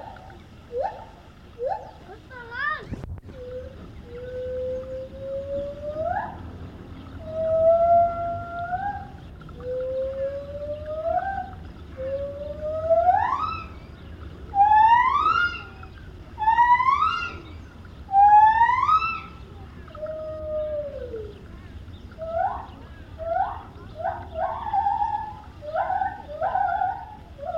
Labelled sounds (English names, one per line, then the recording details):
Lar Gibbon
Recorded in captivity
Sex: pair
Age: adult
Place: Tierpark Berlin, Berlin, DE
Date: 1973-03-10
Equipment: Uher 4200 Report Stereo, Verstärker I, Sennheiser MD 421
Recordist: Tembrock, Günter
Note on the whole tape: Rufreihen des Weibchens im Haus, dann Männchen (Abstand ca. 15 m); am Ende fällt von draußen Männchen ein. Zu Beginn der Aufnahme Laute von Papageien